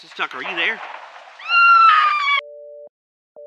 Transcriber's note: screams